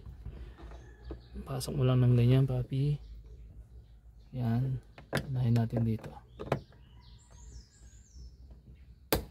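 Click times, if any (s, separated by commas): 9.1 s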